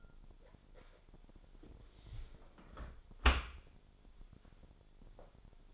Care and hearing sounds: daily activity, microphone in the room; close dishwasher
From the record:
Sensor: 5

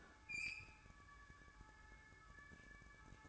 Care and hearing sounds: daily activity, microphone in the room; open fridge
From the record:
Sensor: 2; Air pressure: 1007.6 hPa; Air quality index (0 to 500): 41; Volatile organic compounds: 1 ppm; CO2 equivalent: 544 ppm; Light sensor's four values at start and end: 11/25/10/11 and 10/25/10/11

